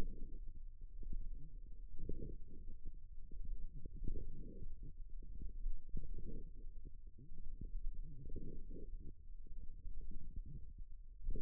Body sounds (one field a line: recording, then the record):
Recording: forearm muscle sounds (acoustic myography)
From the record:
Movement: forearm supination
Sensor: system 1, eight BSWA MPA416 microphones around the upper forearm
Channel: 6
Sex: female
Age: 21 years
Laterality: right